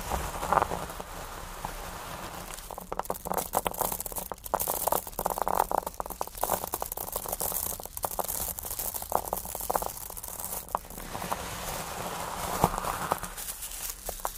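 Crystals, beads and ice are tapped and scratched in a dense, irregular stream of small clicks and rattles that runs the whole way through. The ticks are bright and sharp, with a few louder knocks near the start and around twelve seconds, over a faint low hum.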